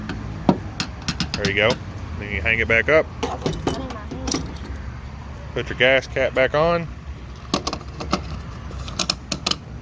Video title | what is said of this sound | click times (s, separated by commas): How to pump gas or fuel in teens first car 2010 Kia Soul | there's clicking three clicks is what you got yep | 9.0 s, 9.1 s, 9.3 s, 9.5 s